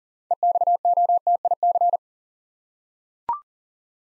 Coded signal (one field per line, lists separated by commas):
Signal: Morse code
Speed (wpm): 38 wpm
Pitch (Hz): 700 Hz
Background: none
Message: EXOTIC